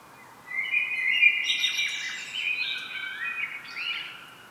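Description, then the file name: Common blackbird singing one long warbled phrase, mid-pitched fluty notes with higher squeaky twitters layered on top. "Turdus merula"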